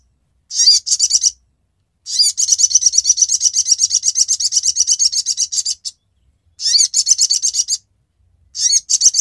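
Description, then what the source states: Brown-throated sunbird singing fast, high, buzzy trills made of rapidly repeated notes, one trill running several seconds, with brief pauses between bursts. Masteran bird-song training recording, Labaik song variant.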